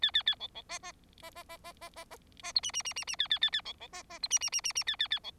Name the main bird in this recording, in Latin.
Lonchura striata domestica